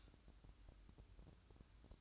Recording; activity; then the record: daily activity, microphone in the room; light off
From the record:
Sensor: 2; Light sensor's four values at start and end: 7/16/6/6 and 7/16/6/6